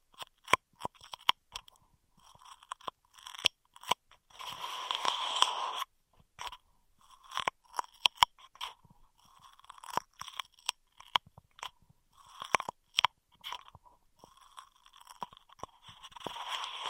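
Straw triggers: sharp crinkly clicks and crunches come irregularly and often, with bursts of rustling around four to six seconds and near the end.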